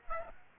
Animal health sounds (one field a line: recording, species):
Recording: mosquito wingbeat signal from an infrared sensor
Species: Aedes aegypti